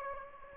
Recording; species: mosquito wingbeat signal from an infrared sensor; Aedes aegypti